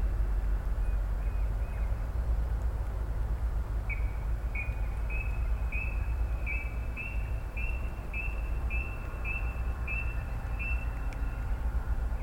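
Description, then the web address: Brown-cheeked rail whistling a long string of brief, evenly spaced notes after a few faint ones at the start, with continuous low background rumble throughout. "koe kuina"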